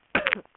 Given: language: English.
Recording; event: throat vibration sensor signal played as sound; cough